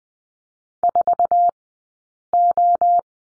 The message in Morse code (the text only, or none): 4O